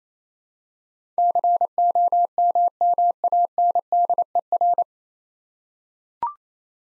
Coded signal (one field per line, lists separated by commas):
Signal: Morse code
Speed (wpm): 28 wpm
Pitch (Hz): 700 Hz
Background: none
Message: COMMANDER